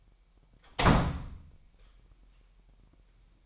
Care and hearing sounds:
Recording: daily activity, microphone in the room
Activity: close door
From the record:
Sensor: 1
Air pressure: 998.4 hPa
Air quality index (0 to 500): 132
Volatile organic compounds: 4 ppm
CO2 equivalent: 1576 ppm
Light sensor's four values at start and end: 18/61/24/25 and 18/61/25/25

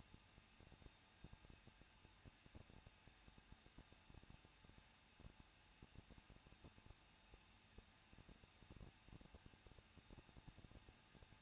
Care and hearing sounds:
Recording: daily activity, microphone in the room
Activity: no activity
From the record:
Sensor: 2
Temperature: 21.0 degrees Celsius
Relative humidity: 37.4%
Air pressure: 1006.1 hPa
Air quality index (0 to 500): 222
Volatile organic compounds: 24 ppm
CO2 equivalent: 2812 ppm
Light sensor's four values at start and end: 2/3/2/2 and 2/3/2/2

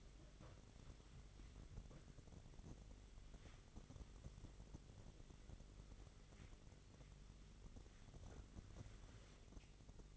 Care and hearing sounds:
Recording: daily activity, microphone in the room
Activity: wipe stove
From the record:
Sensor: 4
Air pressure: 1004.0 hPa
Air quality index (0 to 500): 158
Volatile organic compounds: 2 ppm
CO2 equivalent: 1124 ppm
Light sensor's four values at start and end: 12/29/12/13 and 12/29/12/13

